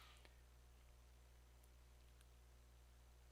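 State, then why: Partly seated. The end of a plastic tube is pushed onto the spout of a small hand pump. Two faint clicks are heard at 0.3 s and 2.2 s over a low steady hum. The tubing connector is not yet fully snapped onto the pump.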